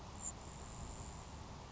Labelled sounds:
Grasshopper Sparrow (Ammodramus savannarum)
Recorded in Sonoma County, California

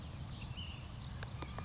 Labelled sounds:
Ash-throated Flycatcher (Myiarchus cinerascens)
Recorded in Sonoma County, California

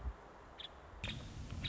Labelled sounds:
Nuttall's Woodpecker (Dryobates nuttallii)
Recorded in Sonoma County, California

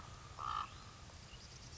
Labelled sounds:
Common Raven (Corvus corax)
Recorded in Sonoma County, California

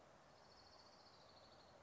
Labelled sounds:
Orange-crowned Warbler (Leiothlypis celata)
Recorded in Sonoma County, California

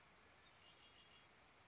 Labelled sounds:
Red-winged Blackbird (Agelaius phoeniceus)
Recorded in Sonoma County, California

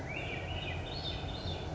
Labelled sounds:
Swainson's Thrush (Catharus ustulatus)
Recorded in Sonoma County, California

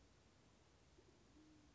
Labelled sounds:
Band-tailed Pigeon (Patagioenas fasciata)
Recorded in Sonoma County, California

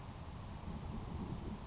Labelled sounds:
Grasshopper Sparrow (Ammodramus savannarum)
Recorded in Sonoma County, California

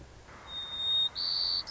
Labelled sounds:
White-crowned Sparrow (Zonotrichia leucophrys)
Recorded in Sonoma County, California

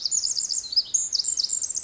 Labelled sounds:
Pacific Wren (Troglodytes pacificus)
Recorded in Sonoma County, California

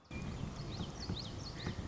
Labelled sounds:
Common Yellowthroat (Geothlypis trichas)
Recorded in Sonoma County, California

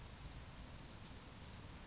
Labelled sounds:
California Towhee (Melozone crissalis)
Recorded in Sonoma County, California

